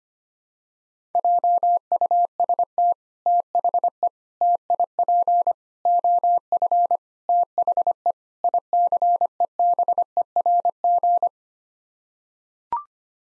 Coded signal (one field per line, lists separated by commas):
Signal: Morse code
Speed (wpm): 25 wpm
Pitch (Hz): 700 Hz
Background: none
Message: JUST THE TIP OF THE ICEBERG